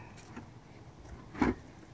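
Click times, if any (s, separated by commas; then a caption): none. Two plastic tabs on a Kia Sedona sliding door trim piece are lined up with their slots in the body before the panel is pushed home. A low, quiet background carries faint handling rustles, then a single short knock at about 1.4 s. Nothing has seated or clicked yet.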